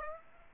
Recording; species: mosquito wingbeat signal from an infrared sensor; Aedes aegypti